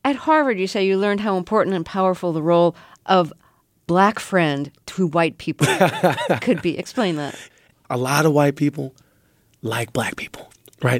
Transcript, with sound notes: At Harvard you say you learned how important and powerful the role of black friend to white people could be. Explain that.
(LAUGHTER) A lot of white people like black people, right?